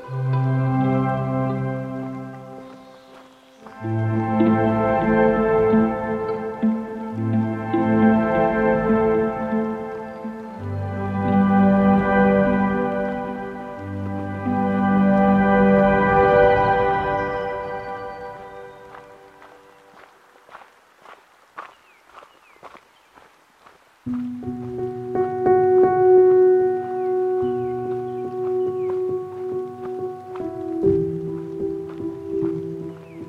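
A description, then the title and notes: On the Patricia Lake Loop Trail below Pyramid Mountain, long humming tones with rich overtones rise and fall in pitch for the first twenty seconds. A quieter stretch of footsteps and light clicks follows, then a steady, held tone returns until the end. Soundwalk Season 3: The Canadian Rockies. In Jasper, AB Canada at the foot of Pyramid Mountain on the Patricia Lake Loop Trail.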